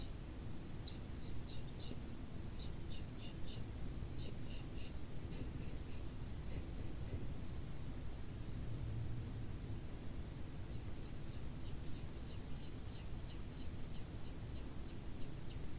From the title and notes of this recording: ASMR BRUSHING YOUR FACE, BRUSHING YOU TO SLEEP, BRUSHING CAMERA, BRUSHING FACE, FACE BRUSHING.